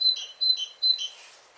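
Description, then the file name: Great tit calls: three short bright notes, each a steady high tone with a lower buzzy note, spaced about every 0.4 seconds, then fading away. "Parus major"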